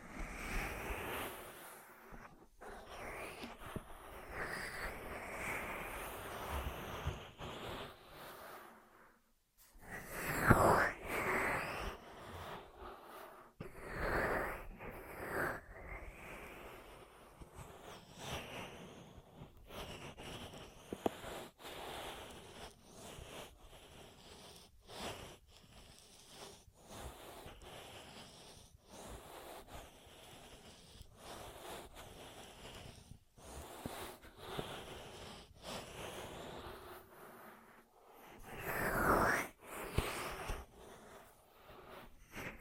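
Ear massage sounds: soft rubbing and brushing against the microphone with dense, textured friction that rises and falls. Louder swipes stand out around 10 and 39 seconds, with brief near-silent gaps between strokes and faint breathy sounds underneath.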